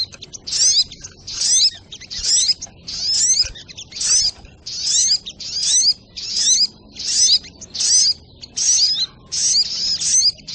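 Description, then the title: Little Spiderhunter song: high, sharp twittering phrases repeated in a steady series, each a tight cluster of rising and falling whistles. Training recording (masteran). "Masteran Burung Sogok Ontong Labaik"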